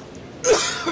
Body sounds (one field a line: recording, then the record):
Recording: coughing mixed with background sound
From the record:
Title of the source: Dry Coughing Fit in the Afternoon.